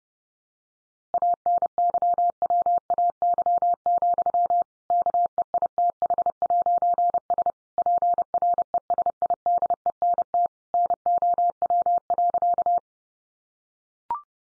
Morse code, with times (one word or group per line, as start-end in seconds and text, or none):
1.1-4.6 ANYWAY,
4.9-7.5 KEITH'S
7.8-10.5 PRESIDENT
10.7-12.8 NOW.